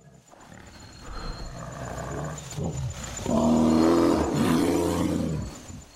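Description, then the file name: American black bear vocalization: low droning moans and groans rising into a louder sustained bellow with strong harmonics, then fading. "blackbears"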